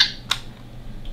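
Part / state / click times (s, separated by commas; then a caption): rotating mode dial on a toy morpher wrist brace / seated / 0.3 s. A rotating mode dial on a plastic toy morpher wrist brace is turned clockwise to change its mode. A sharp click at 0.3 s shows the dial clicking into place, followed by a faint, softer sound near 1.1 s. The dial is seated.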